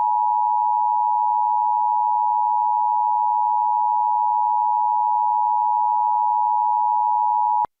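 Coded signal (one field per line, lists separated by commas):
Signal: Emergency Alert System (SAME) tones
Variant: 853 and 960 Hz attention tone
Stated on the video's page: Real New Jersey Required Monthly Tests and severe weather alerts, including a Tornado Warning.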